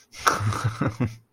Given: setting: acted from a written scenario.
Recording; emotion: vocal sound without words; amusement